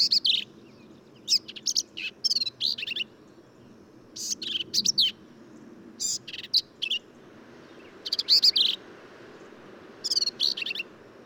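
Black-capped vireo singing varied high, scratchy and slurred phrases, several closely spaced groups of notes with short gaps, steady quiet background hiss.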